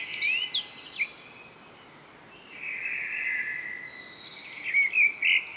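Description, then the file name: Common blackbird, quick rising notes at the start, then a long smooth warbled phrase and a few fast bright notes at the end, with background hiss. "Turdus merula"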